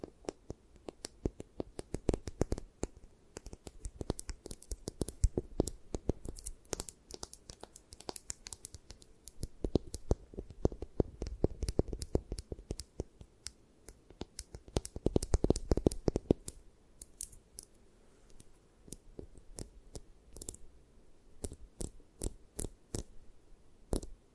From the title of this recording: 3D Eye Massage, Tapping, Scratching